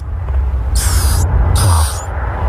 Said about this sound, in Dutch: Ik heb even het geluid van een mol op. Het zou zoiets moeten zijn.